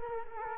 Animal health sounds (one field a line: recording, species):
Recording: mosquito wingbeat signal from an infrared sensor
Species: Culex quinquefasciatus